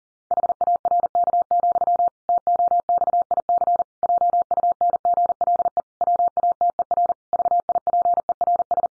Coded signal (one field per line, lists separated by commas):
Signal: Morse code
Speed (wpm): 40 wpm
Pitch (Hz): 700 Hz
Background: none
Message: HARK, TOXIC JUNGLE WATER VIPERS